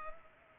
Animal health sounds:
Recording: mosquito wingbeat signal from an infrared sensor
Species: Culex pipiens

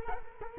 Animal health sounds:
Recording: mosquito wingbeat signal from an infrared sensor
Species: Culex quinquefasciatus

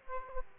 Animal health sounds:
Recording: mosquito wingbeat signal from an infrared sensor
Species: Aedes aegypti

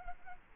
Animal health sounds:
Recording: mosquito wingbeat signal from an infrared sensor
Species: Culex quinquefasciatus

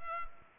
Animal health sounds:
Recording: mosquito wingbeat signal from an infrared sensor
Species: Culex pipiens

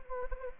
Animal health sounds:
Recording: mosquito wingbeat signal from an infrared sensor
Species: Anopheles gambiae

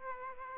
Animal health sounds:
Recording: mosquito wingbeat signal from an infrared sensor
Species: Aedes aegypti

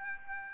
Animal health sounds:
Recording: mosquito wingbeat signal from an infrared sensor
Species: Aedes aegypti

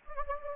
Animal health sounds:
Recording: mosquito wingbeat signal from an infrared sensor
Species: Anopheles gambiae

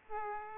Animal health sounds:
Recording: mosquito wingbeat signal from an infrared sensor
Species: Aedes aegypti

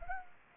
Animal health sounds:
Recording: mosquito wingbeat signal from an infrared sensor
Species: Anopheles gambiae

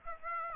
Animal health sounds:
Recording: mosquito wingbeat signal from an infrared sensor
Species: Aedes aegypti

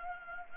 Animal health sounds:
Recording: mosquito wingbeat signal from an infrared sensor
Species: Anopheles gambiae

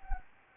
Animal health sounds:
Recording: mosquito wingbeat signal from an infrared sensor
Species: Anopheles gambiae

